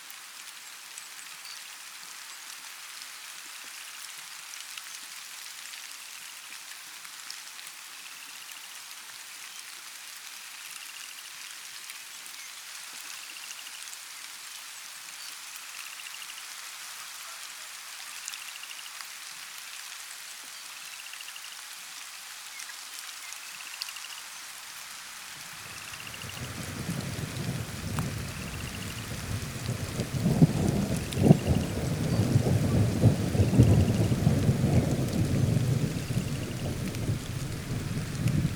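Light rain patters steadily while a bird repeats a short, bright chirp at regular intervals in the background. Around twenty-six seconds a deep, rolling rumble of thunder swells in, growing louder and heavier after thirty seconds and continuing to the end.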